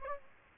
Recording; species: mosquito wingbeat signal from an infrared sensor; Aedes aegypti